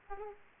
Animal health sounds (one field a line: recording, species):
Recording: mosquito wingbeat signal from an infrared sensor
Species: Aedes aegypti